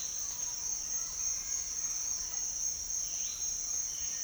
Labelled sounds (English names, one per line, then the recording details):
none
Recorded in dense forest near Puerto Asís, Putumayo, Colombia, on 4 March 2025 at 07:30
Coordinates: 0.500, -76.322
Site GP06